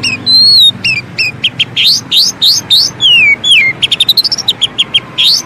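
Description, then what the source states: Oriental magpie-robin song: clear upslurred and downslurred whistles alternating with quick repeated chips, ending in a rapid rattling series and a rising note. Long-duration filler song (isian) for training kept birds to sing actively day and night.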